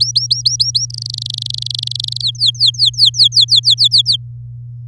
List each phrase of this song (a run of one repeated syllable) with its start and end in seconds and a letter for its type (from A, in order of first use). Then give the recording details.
0.00-0.86 A, 0.90-2.22 B, 2.23-4.17 C. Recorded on 11 May 2018 at 07:26. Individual llb16